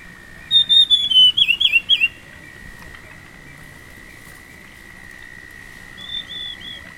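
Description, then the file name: Dusky fulvetta calling: a quick run of high, descending slurred notes for about a second and a half, then a softer phrase later, over a steady high drone. "fulvetta-dusky -Alcippe-brunnea"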